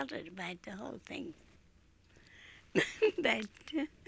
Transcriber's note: laughs